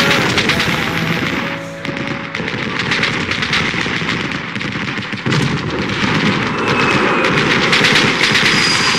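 A loud, relentless barrage of gunfire and explosions, rapid overlapping cracks and bursts layered over a deep rumbling roar that never lets up for the full length.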